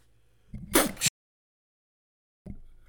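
A single loud adult sneeze: a brief rising intake followed by an explosive, hissing burst lasting under half a second. The sound then drops abruptly to silence before faint room noise resumes. This is an ordinary, isolated sneeze.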